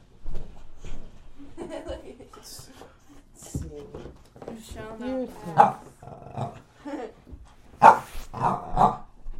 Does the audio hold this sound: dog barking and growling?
yes